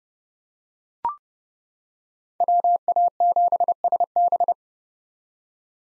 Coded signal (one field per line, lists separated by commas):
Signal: Morse code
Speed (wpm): 30 wpm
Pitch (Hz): 700 Hz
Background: none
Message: WA7SB